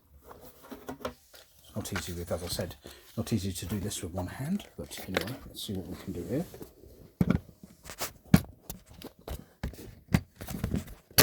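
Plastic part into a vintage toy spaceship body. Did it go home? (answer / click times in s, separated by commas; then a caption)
yes / 8.3 s. Someone talks while pushing a plastic part of a vintage toy TIE fighter spaceship back into its socket in the body one-handed, with soft plastic handling clicks and rustles throughout. The part clicks into place at 8.3 s and stays in, followed by a few more light plastic taps.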